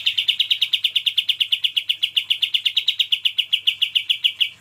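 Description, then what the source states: Bulbul trill: a rapid run of crisp repeated notes at even pitch that holds steady and fades at the very end. Used for training songbirds.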